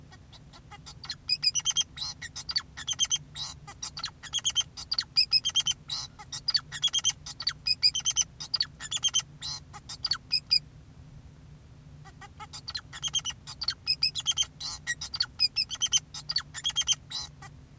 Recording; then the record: song of a male Bengalese finch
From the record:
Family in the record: son of father 2, and himself father 4